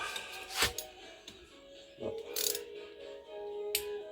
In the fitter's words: On entend le petit déclic hein, quand le serrage est bien